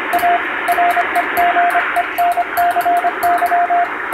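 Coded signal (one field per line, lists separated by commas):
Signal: Morse code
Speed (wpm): 25 wpm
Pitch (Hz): 700 Hz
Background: radio noise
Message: A REGENCY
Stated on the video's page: Morse (CW) reception practice with the signal buried in shortwave noise, recorded on the amateur bands by a first-class radiotelegraph operator.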